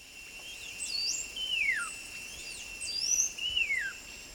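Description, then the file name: Coraya wren song: several whistled slurs, some falling steeply, others rising, with no trill, over a continuous thin insect whine. Route de Kaw, 29 July 2008. "080729 route kaw trog cora"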